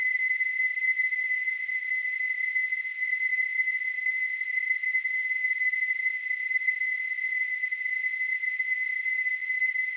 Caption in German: Tinnitus.